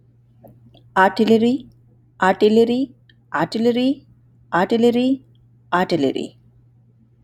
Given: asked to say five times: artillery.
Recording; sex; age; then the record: repeated word; male; 30 to 39 years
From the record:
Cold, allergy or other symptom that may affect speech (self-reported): no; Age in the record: 32 years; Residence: North Carolina, United States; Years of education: 16